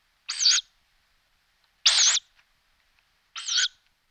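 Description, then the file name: Tawny Owl calls: three harsh, hoarse shrieks, each lasting about a third of a second, separated by short silences of over a second. "strix aluco"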